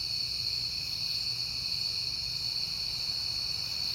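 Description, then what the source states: High-pitched cricket chorus, uniform and unceasing, over a light low rumble. Crickets at night in September, on a peaceful night.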